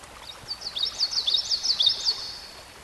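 Songbird song, a quick chain of high thin swooping whistles and chirps lasting about two seconds, over soft background hiss.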